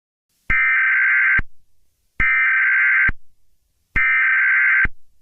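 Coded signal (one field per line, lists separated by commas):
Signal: Emergency Alert System (SAME) tones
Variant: header bursts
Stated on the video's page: Fictional EAS scenario, not a real alert.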